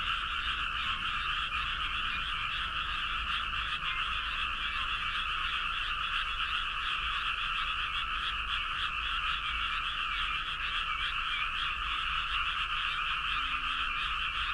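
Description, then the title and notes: Frogs calling in a dense, unbroken chorus of buzzy trilling that holds steady throughout. Recorded in Toyota, Aichi. "near frogs. 愛知 豊田 frog"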